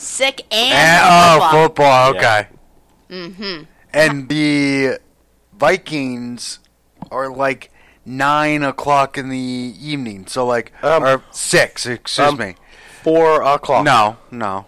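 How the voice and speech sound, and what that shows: Halting, fragmented conversational speech from an adult male stroke survivor with aphasia, with frequent long pauses. He gives wrong times and repeatedly self-corrects (nine, six, four o'clock), fitting the word-finding difficulty of aphasia after stroke. A second voice briefly interjects.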